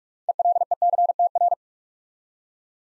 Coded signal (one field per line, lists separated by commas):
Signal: Morse code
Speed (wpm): 44 wpm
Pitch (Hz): 700 Hz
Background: none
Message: ELECTR